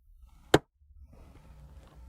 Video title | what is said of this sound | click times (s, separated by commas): Install: 2005-18 Jeep Wrangler TJ, JK 6-Speed Manual Shifter 45195 | slide it down it'll snap in place | 0.5 s